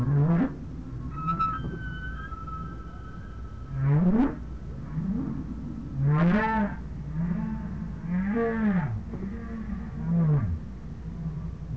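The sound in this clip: Whale calls in a loose series: short upswept moans and arching groans every second or two, with a thin high whistle held steady early on.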